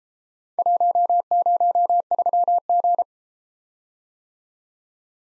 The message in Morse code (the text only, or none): 103G